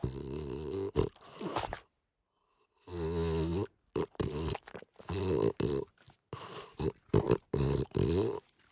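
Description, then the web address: French bulldog snorts and grunts, a pause, a longer nasal snort, then rapid clipped snuffles repeating quickly to the end. "French Bulldog Snort Sequence"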